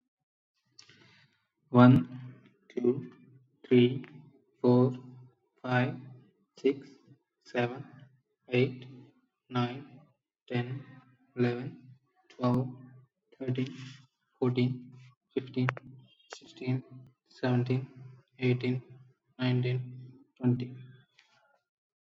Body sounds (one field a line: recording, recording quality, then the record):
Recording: counting at a normal pace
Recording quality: excellent, no background noise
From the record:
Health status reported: respiratory illness, not identified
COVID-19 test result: negative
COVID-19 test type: RT-PCR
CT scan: not taken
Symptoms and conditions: cold, asthma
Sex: male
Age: 23 years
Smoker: no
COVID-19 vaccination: one dose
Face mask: not worn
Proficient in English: yes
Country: India